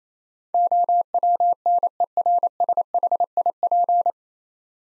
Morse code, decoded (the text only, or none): OWNERSHIP